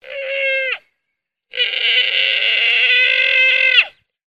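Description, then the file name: Llama giving two strained, harmonic-rich cries: a short one under a second, then after a pause a longer sustained one of over two seconds ending with a drop. "Lama"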